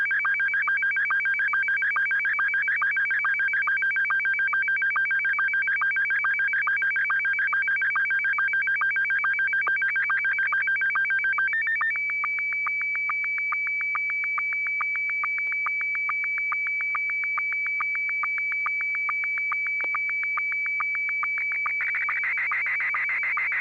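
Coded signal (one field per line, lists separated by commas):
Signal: SSTV (slow-scan television)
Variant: Scottie 1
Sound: warbling electronic tone flipping rapidly between two pitches, then a long steady whistle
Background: low hum, FM repeater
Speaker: all right I'm just going to send this one Scotty one and 6 YG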